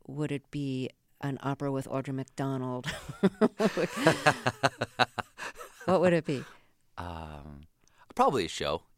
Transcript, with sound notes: Would it be an opera with Audra McDonald?
(LAUGHTER)
What would it be?
Probably a show,